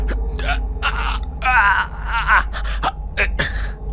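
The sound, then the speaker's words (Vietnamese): Heavy, ragged panting of an old man straining in vain to lift his feet, with short breathy gasps, broken by a strained, voiced groan in the middle, the breaths coming in uneven bursts over a low steady hum. “Ông thở hổn hển, cố gắng nhấc chân lên nhưng vô ích.”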